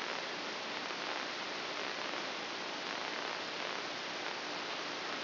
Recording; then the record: brain microelectrode recording played as sound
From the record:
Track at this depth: outside the subthalamic nucleus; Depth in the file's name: 7.104 mm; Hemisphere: left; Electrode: 2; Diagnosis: Parkinson's disease